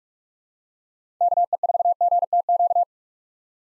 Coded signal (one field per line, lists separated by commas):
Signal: Morse code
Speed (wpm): 46 wpm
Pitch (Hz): 700 Hz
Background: none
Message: KE4GTQ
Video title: 2023 POTA Activator Call Signs - 45wpm